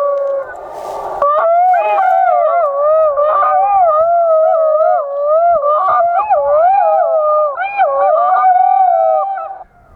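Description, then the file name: Golden jackal howling: wavering tones that rise and fall continuously for about eight seconds, then stop. "Sciacallo dorato"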